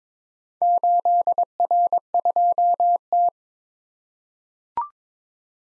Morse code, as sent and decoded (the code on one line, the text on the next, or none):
---.. .-. ..--- -
8R2T